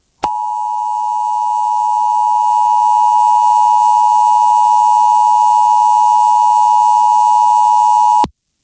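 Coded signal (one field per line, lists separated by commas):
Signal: Emergency Alert System (SAME) tones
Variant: 853 and 960 Hz attention tone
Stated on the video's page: Tropical storm watch alert for Florida.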